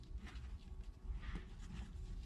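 The dirty-side hose of a J&L Oil Separator Co oil catch can, with a plastic quick-connect fitting and routed between the valve cover and the wiring harness, is handled as it is brought to the PCV valve on the valve cover of a 2014–2020 Chevy/GM truck or SUV with a 5.3 or 6.2 engine. Over a steady low rumble there are soft scuffs and handling rustles. Nothing has seated or clicked yet.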